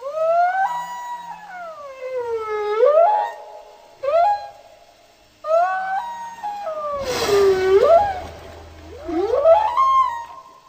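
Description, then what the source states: Whale song: a series of long, wavering moans that swoop down and up, separated by short pauses, with a brief burst of rougher noise near the middle. Whale song, described as impressive, the song of these aquatic mammals.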